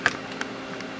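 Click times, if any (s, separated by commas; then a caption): none. A modified electrical connector, its keyway tab ground down, is handled against its mating plug on the engine harness of a 2011+ Dodge Durango during a twin turbo installation, to be twisted and locked into place. A sharp tap is heard at about 0.1 s, followed by a softer tap near 0.4 s and faint light ticks over a low background. Nothing has seated or clicked yet.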